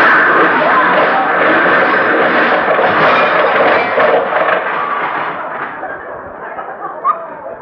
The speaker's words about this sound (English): Oh, my goodness, we hit Mr. Freeman's car.